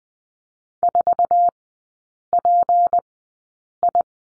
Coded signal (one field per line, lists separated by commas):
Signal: Morse code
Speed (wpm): 20 wpm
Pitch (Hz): 700 Hz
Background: none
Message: 4PI